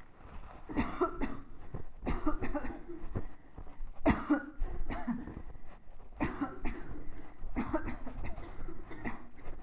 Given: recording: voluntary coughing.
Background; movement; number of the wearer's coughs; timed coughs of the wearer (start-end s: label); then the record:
a bystander coughing; walking; 13
0.75-1.10 s: cough
1.19-1.44 s: cough
2.04-2.34 s: cough
2.41-2.63 s: cough
2.63-2.81 s: cough
4.03-4.49 s: cough
4.88-5.24 s: cough
6.18-6.51 s: cough
6.63-6.94 s: cough
7.55-7.84 s: cough
7.85-8.10 s: cough
8.10-8.43 s: cough
8.88-9.25 s: cough
From the record:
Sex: female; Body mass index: 22.6 kg/m2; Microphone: on the chest, facing the body